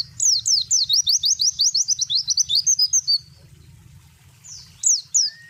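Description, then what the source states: Spiderhunter song: a fast series of high, sweeping chirps for about three seconds, then a pause and two more brief notes. Long, clear, energetic song.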